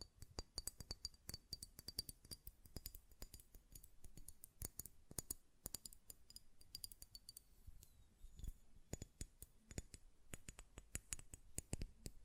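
A glass perfume bottle is tapped and its lid clicked in quick, irregular bursts of bright clinks, some ringing briefly, with a short lull near eight seconds.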